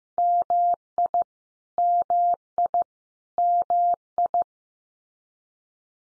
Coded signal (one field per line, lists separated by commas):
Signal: Morse code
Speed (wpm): 15 wpm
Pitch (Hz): 700 Hz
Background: none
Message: MI MI MI